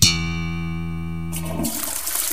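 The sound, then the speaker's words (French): A steady, buzzing electronic tone holds for over a second, then gives way to the loud rushing whoosh of a toilet flushing in a bathroom, with no one talking. “Pourquoi est-ce qu'on est obligé d'enregistrer dans la salle de bain?”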